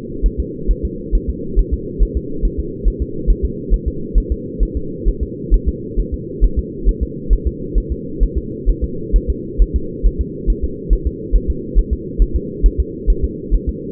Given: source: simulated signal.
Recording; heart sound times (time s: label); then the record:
fetal heart sounds
0.26 s: S1
0.40 s: S2
0.71 s: S1
0.85 s: S2
1.15 s: S1
1.30 s: S2
1.59 s: S1
1.74 s: S2
2.03 s: S1
2.17 s: S2
2.45 s: S1
2.59 s: S2
2.88 s: S1
3.02 s: S2
3.30 s: S1
3.45 s: S2
3.74 s: S1
3.88 s: S2
4.18 s: S1
4.32 s: S2
4.63 s: S1
4.77 s: S2
5.08 s: S1
5.23 s: S2
5.54 s: S1
5.68 s: S2
6.00 s: S1
6.14 s: S2
6.44 s: S1
6.59 s: S2
6.89 s: S1
7.03 s: S2
7.33 s: S1
7.47 s: S2
7.78 s: S1
7.92 s: S2
8.23 s: S1
8.38 s: S2
8.70 s: S1
8.84 s: S2
9.16 s: S1
9.30 s: S2
9.62 s: S1
9.76 s: S2
10.06 s: S1
10.21 s: S2
10.50 s: S1
10.64 s: S2
10.93 s: S1
11.07 s: S2
11.36 s: S1
11.50 s: S2
11.78 s: S1
11.93 s: S2
12.22 s: S1
12.36 s: S2
12.66 s: S1
12.80 s: S2
13.10 s: S1
13.25 s: S2
13.54 s: S1
13.69 s: S2
From the record:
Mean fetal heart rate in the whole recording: 135 bpm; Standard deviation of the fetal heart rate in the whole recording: 3 bpm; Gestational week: 36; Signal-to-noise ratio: -4.3 dB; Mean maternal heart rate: 72 bpm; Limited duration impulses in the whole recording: absent